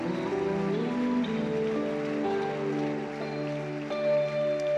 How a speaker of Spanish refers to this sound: Démosle un aplauso fuerte de gratitud ante la hija. Alabado sea Dios.